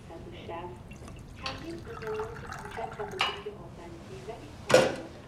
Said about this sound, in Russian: В красивой, но старомодной кухне Фарас наливает себе чай из чайника.